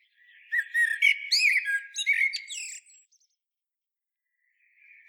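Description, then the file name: Common blackbird song: a busy, squeaky twittering phrase, then a pause before a brief thin note at the end. "Turdus merula"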